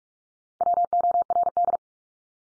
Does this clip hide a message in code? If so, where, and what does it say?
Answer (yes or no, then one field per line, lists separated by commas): yes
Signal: Morse code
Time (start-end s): 0.6-1.8 s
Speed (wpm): 44 wpm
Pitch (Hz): 700 Hz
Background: none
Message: WORD